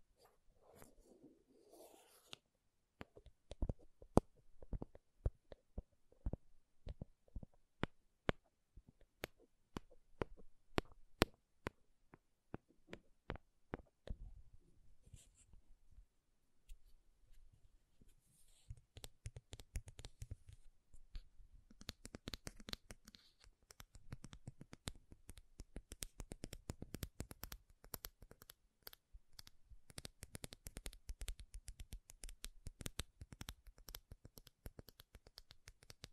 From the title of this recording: MAKEUP TAPPING & SCRATCHING